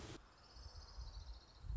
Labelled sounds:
Orange-crowned Warbler (Leiothlypis celata)
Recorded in Sonoma County, California

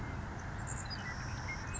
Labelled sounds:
Savannah Sparrow (Passerculus sandwichensis)
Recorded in Sonoma County, California

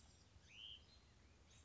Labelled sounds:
Hutton's Vireo (Vireo huttoni)
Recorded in Sonoma County, California

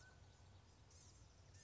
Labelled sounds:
Mountain Quail (Oreortyx pictus)
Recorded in Sonoma County, California

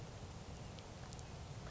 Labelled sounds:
American Crow (Corvus brachyrhynchos)
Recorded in Sonoma County, California

